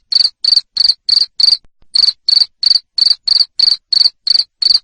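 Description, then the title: Cricket chirping, strong high pulses repeated roughly three times per second with one short break. Loud cricket chirping used to stimulate lovebirds to sing continuously. "Suara JANGKRIK NGERIK Keras Bikin LOVEBIRD Jadi NGEKEK Terus Vubey"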